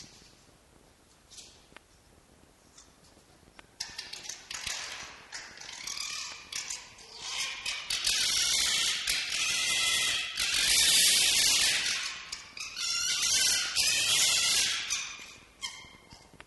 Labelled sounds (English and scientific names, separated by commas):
Red Fox (Vulpes vulpes)